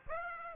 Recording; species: mosquito wingbeat signal from an infrared sensor; Aedes aegypti